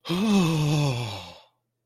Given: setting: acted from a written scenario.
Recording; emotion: vocal sound without words; ecstasy